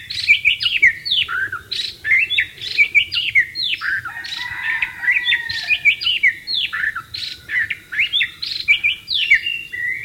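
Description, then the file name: White-rumped shama in full, continuous song: fast, varied whistles and sharp downslurred notes repeated without pause, loud and lively throughout. "suara burung murai batu di alam liar"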